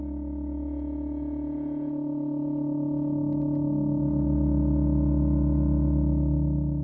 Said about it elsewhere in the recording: So you'd put in the foam earplugs to protect your ears and you hear the thing you're afraid of, the tinnitus.